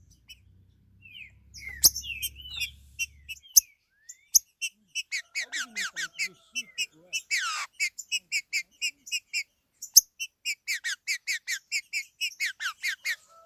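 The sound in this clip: Green-winged saltator song: a few slurred whistles and a low hum at first, then a fast steady series of sharp high notes repeated several times a second.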